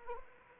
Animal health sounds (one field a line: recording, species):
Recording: mosquito wingbeat signal from an infrared sensor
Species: Anopheles arabiensis